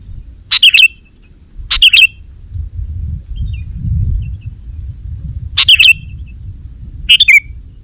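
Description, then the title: Sooty-headed bulbul song: four short bright chirped phrases, two early and two late with a long gap between, over low rumbling background noise. "kutilang"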